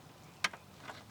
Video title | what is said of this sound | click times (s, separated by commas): BMW F30 3-Series Parking Lamp Malfunction Easy DIY Fix | you hear a little click let's | 0.4 s